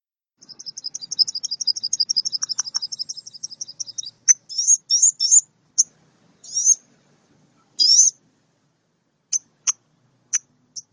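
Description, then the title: Oriental magpie-robin song: a rapid even series of high notes for about four seconds, then scattered sharp chirps and clicks. Champion (juara) bird in lively full song (gacor); a selected training recording for songbirds. "Kacer Juara Gacor"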